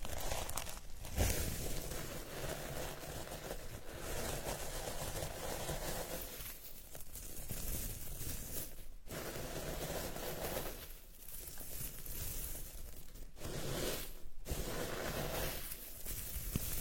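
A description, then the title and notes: Dried petals are stirred and crushed, making a dense, continuous crackle and rustle that runs the full length with bright, crisp texture. Brief pauses break the sound near 1, 9, 13 and 14 seconds, and the handling swells slightly around 11 seconds. Healing Dried Petals Stirred and Crushed.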